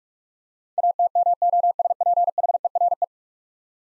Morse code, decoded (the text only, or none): ATMOSPHERE